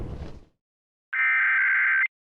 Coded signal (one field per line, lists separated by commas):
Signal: Emergency Alert System (SAME) tones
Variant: header bursts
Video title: Santa Barbara Required Monthly Test (EAS #1223-1225) 9/6/23